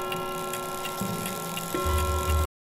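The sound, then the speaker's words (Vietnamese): A clock, its hands at 3 a.m., ticks at a steady, even pace, its crisp clicks sitting over a constant tonal hum, with a deeper rumbling drone swelling in toward the end. No one speaks. “Lúc này kim đồng hồ đã dịch chuyển có 3 giờ sáng.”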